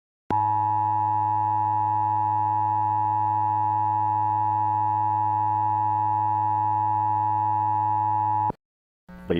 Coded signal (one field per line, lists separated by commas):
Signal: Emergency Alert System (SAME) tones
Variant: 853 and 960 Hz attention tone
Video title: Eas National Practice/Demo Warning *MOCK*